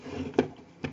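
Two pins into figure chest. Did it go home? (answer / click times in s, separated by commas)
yes / 0.4 s, 0.9 s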